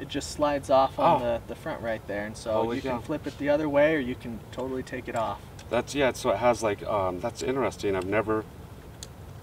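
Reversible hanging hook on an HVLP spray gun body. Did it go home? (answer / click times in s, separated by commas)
yes / 9.0 s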